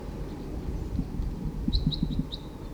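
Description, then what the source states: Crossbill flight calls, a short series of four sharp notes near the end, over a low rumbling background hum. Some crossbills calling as they fly over.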